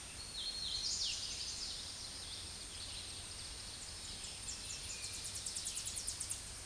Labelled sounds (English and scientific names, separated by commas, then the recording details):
Tennessee Warbler (Leiothlypis peregrina) song
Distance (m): 40 m
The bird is about level with the microphone
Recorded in a Pennsylvania forest on 16 May 2024 at 07:48
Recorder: AudioMoth, point MSD-0398
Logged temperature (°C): 16.4 °C
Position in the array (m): 186 m, 76 m